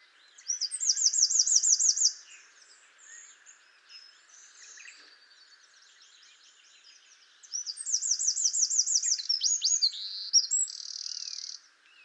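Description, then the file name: Eurasian wren song: two bursts of rapid, high ringing trills and rattles several seconds apart, over a steady faint background hiss. "Troglodytes troglodytes"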